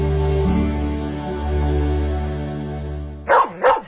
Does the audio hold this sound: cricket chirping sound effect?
no